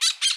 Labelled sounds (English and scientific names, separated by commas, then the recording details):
Brown-throated Parakeet (Eupsittula pertinax) contact call
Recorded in Bonaire
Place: 1 km E of roosting area just N of Seru Largu
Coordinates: 12.199, -68.268